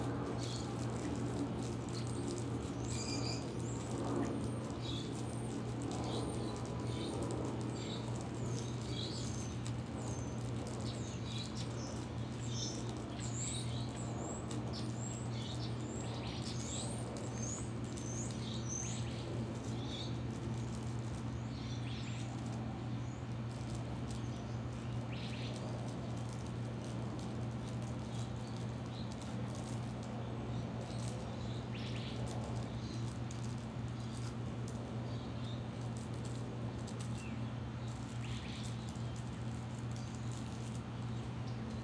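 Birds chirp in a backyard on a Sunday morning, with quick bright tweets clustered thickly in the first twenty seconds and scattered calls after. Beneath them runs a steady low hum and a constant neighborhood murmur that never lets up.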